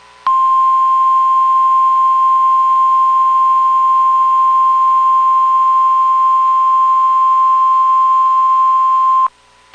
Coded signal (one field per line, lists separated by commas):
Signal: Emergency Alert System (SAME) tones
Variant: 1050 Hz attention tone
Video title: EAS #253- (Direct Audio) Just a Regular Ol' KEC80 Weekly